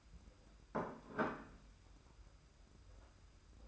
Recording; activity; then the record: daily activity, microphone in the room; place plate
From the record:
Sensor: 2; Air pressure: 991.7 hPa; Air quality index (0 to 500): 184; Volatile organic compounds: 1000 ppm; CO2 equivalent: 6028 ppm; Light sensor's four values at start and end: 26/83/32/30 and 27/85/33/31